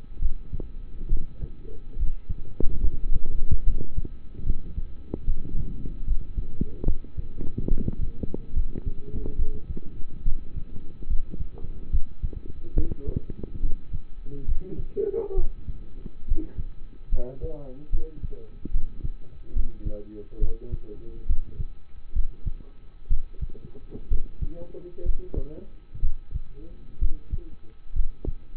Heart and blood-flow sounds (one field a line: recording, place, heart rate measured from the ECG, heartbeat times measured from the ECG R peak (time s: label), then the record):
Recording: heart sounds by stethoscope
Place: between the tricuspid and mitral areas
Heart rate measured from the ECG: 69 bpm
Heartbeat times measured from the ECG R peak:
0.19 s: heartbeat
1.09 s: heartbeat
1.96 s: heartbeat
2.81 s: heartbeat
3.64 s: heartbeat
4.44 s: heartbeat
5.25 s: heartbeat
6.05 s: heartbeat
6.84 s: heartbeat
7.69 s: heartbeat
8.54 s: heartbeat
9.36 s: heartbeat
10.24 s: heartbeat
11.07 s: heartbeat
11.90 s: heartbeat
12.74 s: heartbeat
13.61 s: heartbeat
14.46 s: heartbeat
15.35 s: heartbeat
16.26 s: heartbeat
17.10 s: heartbeat
17.90 s: heartbeat
18.71 s: heartbeat
19.53 s: heartbeat
20.39 s: heartbeat
21.27 s: heartbeat
22.13 s: heartbeat
23.09 s: heartbeat
24.09 s: heartbeat
25.03 s: heartbeat
26.01 s: heartbeat
26.99 s: heartbeat
27.93 s: heartbeat
From the record:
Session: rest, lying down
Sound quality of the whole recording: partially saturated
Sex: male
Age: 27 years